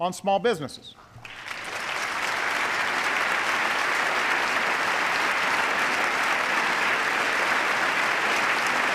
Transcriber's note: applause